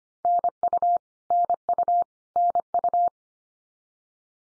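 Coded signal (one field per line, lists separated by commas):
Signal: Morse code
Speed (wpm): 25 wpm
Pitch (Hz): 700 Hz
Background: none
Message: NU NU NU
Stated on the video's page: Head-copy drill of Canadian provinces and territories at 25 wpm, each sent, spoken, then sent again.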